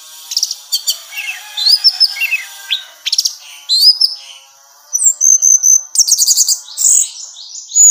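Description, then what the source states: Orange-headed thrush singing a busy, varied medley of high chirps, slurred whistles and scratchy notes that tumble along almost without pause. Female bird.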